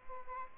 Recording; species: mosquito wingbeat signal from an infrared sensor; Aedes albopictus